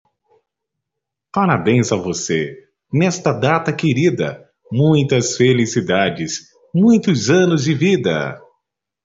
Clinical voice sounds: short text; Brazilian Portuguese; male; 30 to 39 years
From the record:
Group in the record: control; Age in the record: 34 years

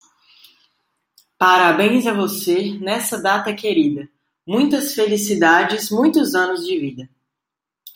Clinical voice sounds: short text; Brazilian Portuguese; female; 30 to 39 years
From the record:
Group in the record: control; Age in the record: 31 years

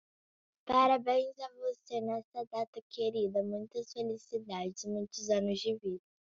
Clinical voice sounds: short text; Brazilian Portuguese; female; 30 to 39 years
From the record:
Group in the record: control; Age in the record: 37 years

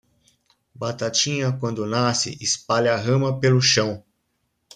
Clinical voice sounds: short text; Brazilian Portuguese; male; 40 to 49 years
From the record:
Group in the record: control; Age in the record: 48 years

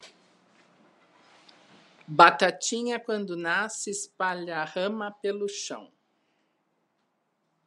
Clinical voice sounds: short text; Brazilian Portuguese; female; 50 to 59 years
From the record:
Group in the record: control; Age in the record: 58 years

